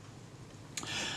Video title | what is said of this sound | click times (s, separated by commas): Servicing a Kodak Bantam Special film camera part 01 | And when you open the front again, just pull it out until it snaps into position top and bottom. | 0.8 s